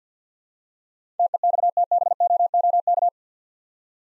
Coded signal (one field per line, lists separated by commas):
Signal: Morse code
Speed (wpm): 47 wpm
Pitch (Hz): 700 Hz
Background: none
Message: TEXTBOOK